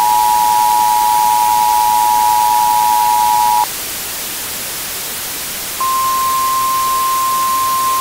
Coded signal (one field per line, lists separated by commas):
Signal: Emergency Alert System (SAME) tones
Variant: 853 and 960 Hz attention tone